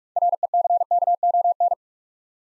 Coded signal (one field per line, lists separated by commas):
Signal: Morse code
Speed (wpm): 46 wpm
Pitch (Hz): 700 Hz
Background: none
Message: RECKON